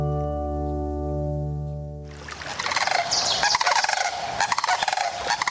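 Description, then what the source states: Sandhill crane calls: a dense chorus of rolling, rattling calls that starts abruptly as a sustained low tone ends. During spring migration, stopping along the Platte River in Nebraska to fatten up, flying from southern wintering areas to Arctic mating grounds; needs shallow water and open areas.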